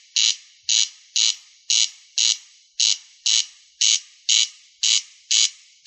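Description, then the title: Rail giving harsh, rasping, creaky notes, each a short broad burst, repeated steadily in a quick series. "LuckyFamilia RallidaeFrangoSama"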